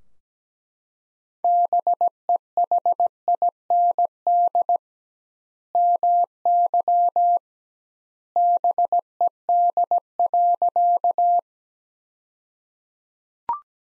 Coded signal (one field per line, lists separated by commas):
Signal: Morse code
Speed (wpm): 17 wpm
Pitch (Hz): 700 Hz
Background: none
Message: BEHIND MY BED.